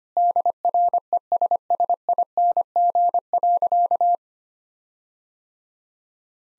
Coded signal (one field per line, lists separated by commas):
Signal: Morse code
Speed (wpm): 25 wpm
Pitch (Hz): 700 Hz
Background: none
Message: DRESSING.